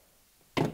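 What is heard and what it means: A plastic wire tap splice connector, its metal slit lined up over a wire, is squeezed with pliers until its plastic body snaps shut. After quiet, a single sharp click at 0.57 s rings briefly and fades. The connector is seated and locked together over the wire.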